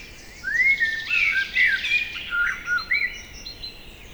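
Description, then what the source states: Common blackbird delivering one rich phrase of slurred, fluted whistles with scratchy high notes woven in, lasting about three seconds, against faint background birdsong. Evening chorus at Lac de Barterand, Magnieu, France; blackbird singing trills from a tree by the lake; recorded with Sennheiser MKH8040 ORTF stereo microphones and a Zoom F8.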